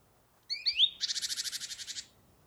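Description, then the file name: Great tit call: a few thin upslurred notes running straight into a rapid, evenly pulsed buzzy churr lasting about a second. "Parus major"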